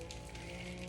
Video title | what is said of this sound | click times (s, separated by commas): Come along for an ostomy bag change! | so that clicked on now the bottom is open make sure you remember | 0.1 s